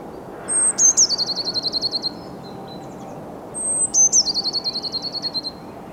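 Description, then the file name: Eurasian blue tit calls, two phrases, each a high thin opening note sliding into a rapid, evenly pulsed churring trill. "Cyanistes caeruleus"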